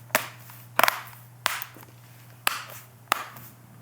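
Someone presses around the rim of a Dell 3110 2-in-1 laptop's LCD panel, snapping its plastic clips into the display lid one after another so the panel is properly reattached. Sharp clicks land at 0.2, 1.5, 2.5 and 3.1 seconds, with a quieter double tap near 0.8 seconds over a steady low hum. The clips seat home one by one.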